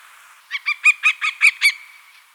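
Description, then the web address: Black-chested Buzzard-Eagle calling a quick series of seven shrill, harsh yelping notes, evenly spaced, lasting just over a second. Ecuador. "Birds of Ecuador. Black-Chested Buzzard-Eagle"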